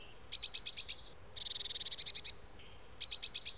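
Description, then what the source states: Bird song in three bursts of rapid, evenly repeated high bright notes, the middle run longer and slightly lower, with short pauses between. Common Estonian bird.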